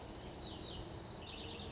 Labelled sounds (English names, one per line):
House Wren